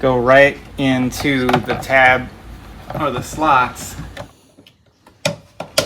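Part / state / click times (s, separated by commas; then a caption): side mirror glass tabs into mirror housing slots / seated / 5.3 s, 5.8 s. Someone talks while the top tabs of a replacement side-mirror glass for a Toyota/Lexus are pushed into the slots on the mirror housing. After the talking stops, sharp clicks sound at about 5.3 and 5.8 seconds as the glass clicks in. The glass is seated, with both sides stuck in place.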